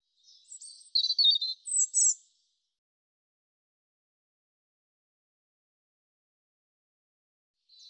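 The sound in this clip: European robin song: one high, tinkling phrase of quick varied whistles and trills, then a long silence before a brief fragment begins.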